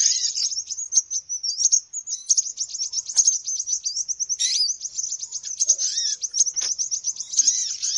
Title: Baru Diputar Dah Banyak Merapat! Suara Pikat Burung Ribut